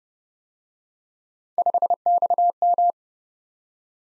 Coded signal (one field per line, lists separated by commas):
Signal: Morse code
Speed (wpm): 31 wpm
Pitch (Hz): 700 Hz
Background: none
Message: 5XM